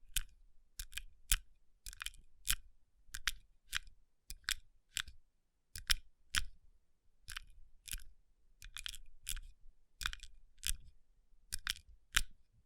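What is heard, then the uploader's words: Crisp, bright taps and brief rubbing strokes on rhinestone-covered palms come in quick clusters, about two per second, with silence between. Tapping & Rubbing Rhinestone Covered Palms.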